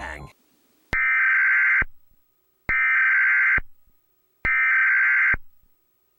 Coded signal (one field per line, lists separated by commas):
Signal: Emergency Alert System (SAME) tones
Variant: header bursts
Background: speech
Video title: DORAEMON FAKE EAS ALARM 2019 @SillyPersonThatDoesVideopasta